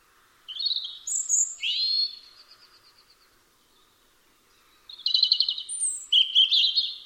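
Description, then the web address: European robin song: two high, tinkling phrases of quick pitch jumps and sweet warbled notes, the second starting near five seconds after a silent pause. "Deverinetal 2025 File origin Bird Only Er Ru"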